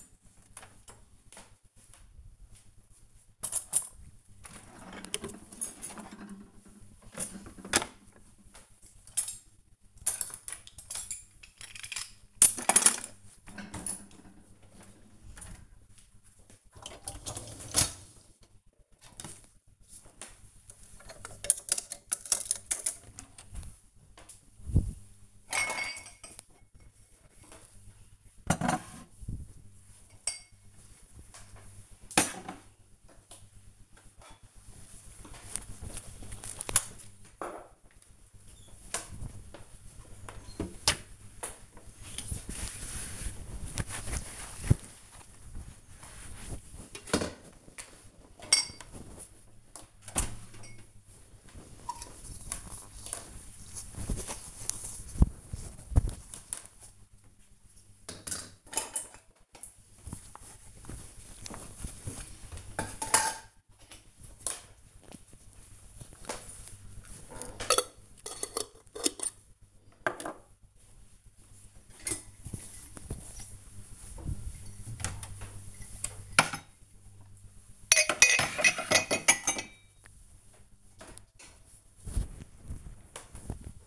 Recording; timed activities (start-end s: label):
household activities, microphone on the right wrist
0.00-83.87 s: cleaning out the dishwasher